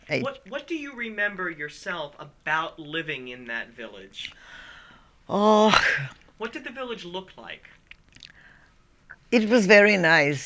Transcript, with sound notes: What, what do you remember yourself about living in that village? (sighs) What did the village look like?
It was very nice.